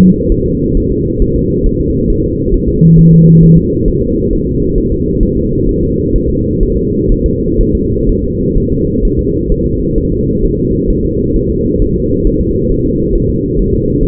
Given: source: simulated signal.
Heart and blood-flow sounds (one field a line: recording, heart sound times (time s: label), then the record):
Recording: fetal heart sounds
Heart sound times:
0.00 s: S2
0.32 s: S1
0.46 s: S2
0.77 s: S1
0.91 s: S2
1.22 s: S1
1.36 s: S2
1.66 s: S1
1.81 s: S2
2.10 s: S1
2.24 s: S2
2.54 s: S1
2.68 s: S2
2.98 s: S1
3.13 s: S2
3.43 s: S1
3.57 s: S2
3.88 s: S1
4.02 s: S2
4.33 s: S1
4.47 s: S2
4.78 s: S1
4.92 s: S2
5.23 s: S1
5.37 s: S2
5.69 s: S1
5.83 s: S2
6.16 s: S1
6.30 s: S2
6.63 s: S1
6.77 s: S2
7.12 s: S1
7.26 s: S2
7.61 s: S1
7.75 s: S2
8.09 s: S1
8.23 s: S2
8.57 s: S1
8.72 s: S2
9.05 s: S1
9.19 s: S2
9.52 s: S1
9.66 s: S2
9.98 s: S1
10.12 s: S2
10.44 s: S1
10.58 s: S2
10.90 s: S1
11.04 s: S2
11.36 s: S1
11.50 s: S2
11.82 s: S1
11.96 s: S2
12.27 s: S1
12.41 s: S2
12.72 s: S1
12.86 s: S2
13.15 s: S1
13.30 s: S2
13.59 s: S1
13.73 s: S2
14.03 s: S1
From the record:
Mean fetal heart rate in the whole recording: 130 bpm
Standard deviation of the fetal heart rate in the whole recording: 4 bpm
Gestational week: 38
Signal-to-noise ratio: -10.2 dB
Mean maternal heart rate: 72 bpm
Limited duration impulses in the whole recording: present